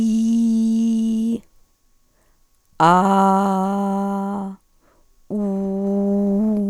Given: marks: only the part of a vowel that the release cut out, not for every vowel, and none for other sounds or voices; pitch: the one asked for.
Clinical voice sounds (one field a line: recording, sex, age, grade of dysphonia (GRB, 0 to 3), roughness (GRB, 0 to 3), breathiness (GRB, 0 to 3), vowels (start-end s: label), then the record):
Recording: sustained vowels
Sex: female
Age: 40 to 49 years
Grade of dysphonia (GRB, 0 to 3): 2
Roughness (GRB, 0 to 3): 1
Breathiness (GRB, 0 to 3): 0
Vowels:
0.00-1.20 s: vowel /i/, normal pitch
3.09-4.33 s: vowel /a/, normal pitch
5.51-6.35 s: vowel /u/, normal pitch
From the record:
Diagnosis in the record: hyperfunctional dysphonia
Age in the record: 48 years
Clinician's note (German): Multifaktoriell